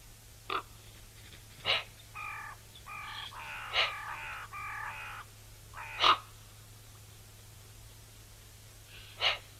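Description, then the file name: Eurasian magpie uttering loud clicks separated by softer, buzzy nasal notes in short runs, over a low steady hum. "Pica pica"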